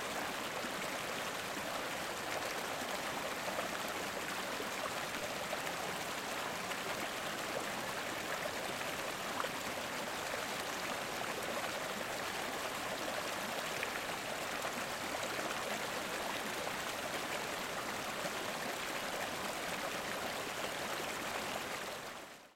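A glacial stream rushes steadily, its dense, even hiss of running water holding the same level from start to finish. The sound is bright, full of fine splashing detail with little low rumble, and no other sounds break through.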